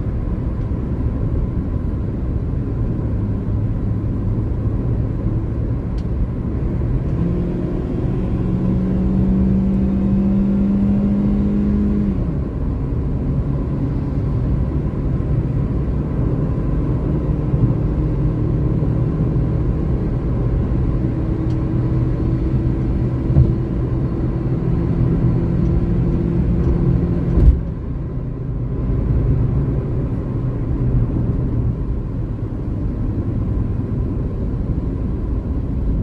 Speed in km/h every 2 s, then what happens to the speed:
80, 83, 84, 90, 98, 103, 107, 112, 116, 120, 124, 127, 131, 123, 103, 80, 78, 73.
0-25 speeds up to 131. 25-36 brakes to 73.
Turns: none.